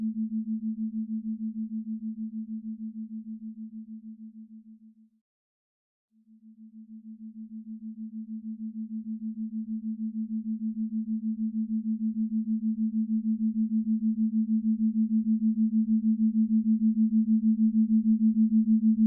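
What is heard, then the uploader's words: A binaural beat in the theta range: a single low, pure tone that hums with a slow, regular pulsing wobble. It fades out just after five seconds, stays silent for about a second, then swells back and holds steady to the end. 6.45 Hz Theta Waves Binaural Beats.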